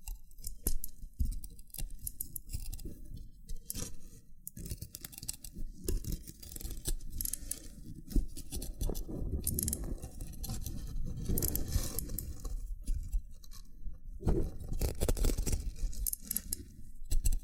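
Loofah triggers: dense scraping and rubbing against a dry, fibrous surface, with sharp crisp clicks and pops scattered throughout. A low rumbling undertone swells in the middle, and bright crackling bursts cluster around 4, 8, 11 and 15 seconds.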